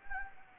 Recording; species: mosquito wingbeat signal from an infrared sensor; Anopheles gambiae